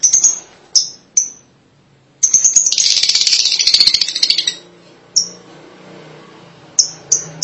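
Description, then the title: Lovebird calls: a few sharp high chirps, then a long rasping chatter, followed by scattered single chirps. "BM Suara Burung Lovebird"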